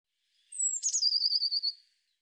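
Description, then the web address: Eurasian blue tit calling with a thin high whistle, a short buzzy burst and a quick trill of repeated notes, with no other sounds. "cianscape birddata Deverinetal 2025 File cleaned normalized Bird Cy Ca"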